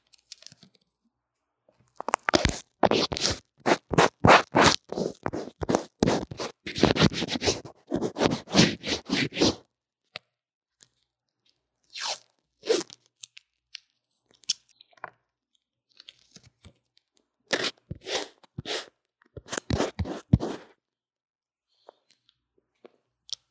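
Drawing and makeup sounds picked up by an earphone mic: quick, dense bursts of scratchy strokes fill the first ten seconds. After that, shorter scattered scratches and crunchy rubs arrive in small clusters around 12, 17 and 20 seconds, with quiet gaps between.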